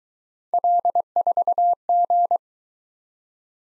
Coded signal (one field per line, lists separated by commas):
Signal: Morse code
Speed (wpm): 22 wpm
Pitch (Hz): 700 Hz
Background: none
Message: L4G